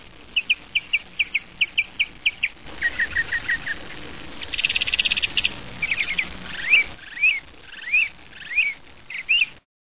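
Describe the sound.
Northern mockingbird singing a varied sequence: rapid repeated high chips, then lower chirps, a buzzy trill, and a series of slurred whistles, most phrase types repeated several times.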